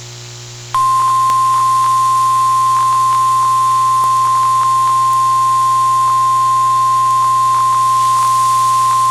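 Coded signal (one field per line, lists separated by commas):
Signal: Emergency Alert System (SAME) tones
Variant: 1050 Hz attention tone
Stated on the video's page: Alerts recorded via SDR and car radio, mostly from NOAA Weather Radio station WXJ41; recording glitched.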